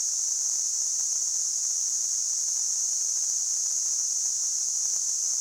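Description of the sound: A steady, unbroken high-pitched hiss holds at constant loudness throughout, with almost nothing in the low range. This is a simulated tinnitus sound, imitating the continuous ringing or hissing some people hear with no outside source.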